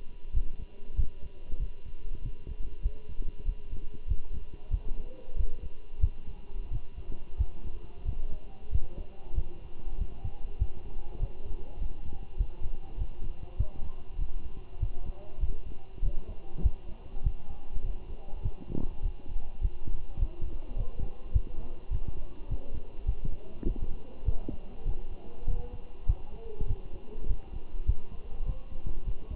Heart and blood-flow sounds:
heart sounds by stethoscope; between the tricuspid and mitral areas; 98 bpm
0.34 s: heartbeat
0.97 s: heartbeat
1.60 s: heartbeat
2.23 s: heartbeat
2.83 s: heartbeat
3.46 s: heartbeat
4.08 s: heartbeat
4.71 s: heartbeat
5.37 s: heartbeat
6.01 s: heartbeat
6.72 s: heartbeat
7.38 s: heartbeat
8.06 s: heartbeat
8.72 s: heartbeat
9.36 s: heartbeat
9.99 s: heartbeat
10.59 s: heartbeat
11.20 s: heartbeat
11.80 s: heartbeat
12.38 s: heartbeat
12.98 s: heartbeat
13.57 s: heartbeat
14.19 s: heartbeat
14.80 s: heartbeat
15.41 s: heartbeat
16.02 s: heartbeat
16.63 s: heartbeat
17.24 s: heartbeat
17.85 s: heartbeat
18.43 s: heartbeat
19.03 s: heartbeat
19.62 s: heartbeat
20.20 s: heartbeat
20.77 s: heartbeat
21.33 s: heartbeat
21.91 s: heartbeat
22.49 s: heartbeat
23.07 s: heartbeat
23.65 s: heartbeat
24.26 s: heartbeat
24.86 s: heartbeat
25.48 s: heartbeat
26.07 s: heartbeat
26.68 s: heartbeat
27.28 s: heartbeat
27.87 s: heartbeat
28.46 s: heartbeat
29.05 s: heartbeat
From the record:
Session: walking at 3.7 km/h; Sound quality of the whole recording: good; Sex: male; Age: 23 years

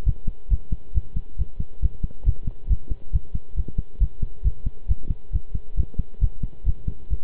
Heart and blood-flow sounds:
heart sounds by stethoscope; between the tricuspid and mitral areas; 136 bpm
0.06 s: heartbeat
0.50 s: heartbeat
0.94 s: heartbeat
1.38 s: heartbeat
1.82 s: heartbeat
2.26 s: heartbeat
2.69 s: heartbeat
3.13 s: heartbeat
3.56 s: heartbeat
4.00 s: heartbeat
4.44 s: heartbeat
4.88 s: heartbeat
5.32 s: heartbeat
5.77 s: heartbeat
6.21 s: heartbeat
6.66 s: heartbeat
7.10 s: heartbeat
From the record:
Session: pedaling a stationary bicycle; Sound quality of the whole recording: good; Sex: male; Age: 23 years

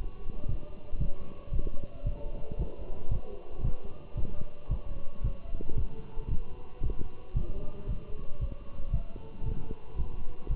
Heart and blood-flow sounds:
heart sounds by stethoscope; between the tricuspid and mitral areas; 114 bpm
0.49 s: heartbeat
1.01 s: heartbeat
1.53 s: heartbeat
2.06 s: heartbeat
2.59 s: heartbeat
3.12 s: heartbeat
3.64 s: heartbeat
4.17 s: heartbeat
4.71 s: heartbeat
5.24 s: heartbeat
5.78 s: heartbeat
6.31 s: heartbeat
6.84 s: heartbeat
7.36 s: heartbeat
7.89 s: heartbeat
8.41 s: heartbeat
8.94 s: heartbeat
9.46 s: heartbeat
9.98 s: heartbeat
10.51 s: heartbeat
From the record:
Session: walking at 3.7 km/h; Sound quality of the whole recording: good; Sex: male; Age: 27 years

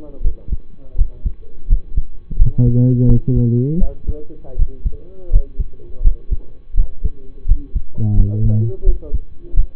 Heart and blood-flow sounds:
heart sounds by stethoscope; between the tricuspid and mitral areas; 84 bpm
0.21 s: heartbeat
0.95 s: heartbeat
1.67 s: heartbeat
2.36 s: heartbeat
3.06 s: heartbeat
3.78 s: heartbeat
4.56 s: heartbeat
5.29 s: heartbeat
6.01 s: heartbeat
6.74 s: heartbeat
7.45 s: heartbeat
8.14 s: heartbeat
8.83 s: heartbeat
9.54 s: heartbeat
From the record:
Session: rest, lying down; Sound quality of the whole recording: partially saturated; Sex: male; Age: 25 years

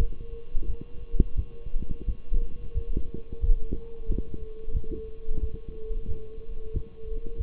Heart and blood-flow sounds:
heart sounds by stethoscope; between the tricuspid and mitral areas; 89 bpm
0.67 s: heartbeat
1.36 s: heartbeat
2.06 s: heartbeat
2.74 s: heartbeat
3.41 s: heartbeat
4.08 s: heartbeat
4.73 s: heartbeat
5.40 s: heartbeat
6.07 s: heartbeat
6.73 s: heartbeat
7.38 s: heartbeat
From the record:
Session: walking at 3.7 km/h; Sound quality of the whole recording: partially saturated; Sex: male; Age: 24 years

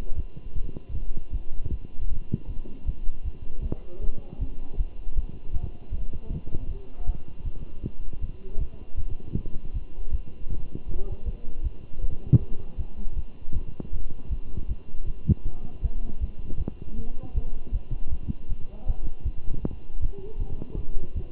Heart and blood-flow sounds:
heart sounds by stethoscope; between the tricuspid and mitral areas; 157 bpm
0.16 s: heartbeat
0.54 s: heartbeat
0.93 s: heartbeat
1.32 s: heartbeat
1.70 s: heartbeat
2.09 s: heartbeat
2.48 s: heartbeat
2.86 s: heartbeat
3.24 s: heartbeat
3.63 s: heartbeat
4.01 s: heartbeat
4.39 s: heartbeat
4.77 s: heartbeat
5.15 s: heartbeat
5.53 s: heartbeat
5.91 s: heartbeat
6.30 s: heartbeat
6.68 s: heartbeat
7.06 s: heartbeat
7.44 s: heartbeat
7.83 s: heartbeat
8.21 s: heartbeat
8.59 s: heartbeat
8.97 s: heartbeat
9.36 s: heartbeat
9.73 s: heartbeat
10.11 s: heartbeat
10.49 s: heartbeat
10.87 s: heartbeat
11.25 s: heartbeat
11.63 s: heartbeat
12.01 s: heartbeat
12.39 s: heartbeat
12.77 s: heartbeat
13.15 s: heartbeat
13.53 s: heartbeat
13.92 s: heartbeat
14.30 s: heartbeat
14.68 s: heartbeat
15.06 s: heartbeat
15.45 s: heartbeat
15.82 s: heartbeat
16.20 s: heartbeat
16.58 s: heartbeat
16.97 s: heartbeat
17.34 s: heartbeat
17.72 s: heartbeat
18.10 s: heartbeat
18.49 s: heartbeat
18.86 s: heartbeat
19.24 s: heartbeat
19.63 s: heartbeat
20.01 s: heartbeat
20.38 s: heartbeat
20.77 s: heartbeat
21.15 s: heartbeat
From the record:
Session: Bruce protocol treadmill stress test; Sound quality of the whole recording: good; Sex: male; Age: 23 years

